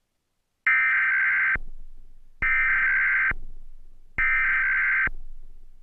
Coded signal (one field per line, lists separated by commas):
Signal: Emergency Alert System (SAME) tones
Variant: header bursts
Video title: EAS Mock #27: Alabama EAS Test but the EASyPLUS is Working [7/5/2012]